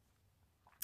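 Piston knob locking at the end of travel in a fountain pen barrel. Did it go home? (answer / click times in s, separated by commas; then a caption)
yes / 0.8 s. The plastic piston knob of a Lanbitou 3059 piston-filler fountain pen, a TWSBI Eco clone, is moved to the end of its travel in the pen barrel. Faint low noise and a few soft taps lead to a single sharp click at 0.8 s. The knob seats into its end stop and locks so the piston cannot move.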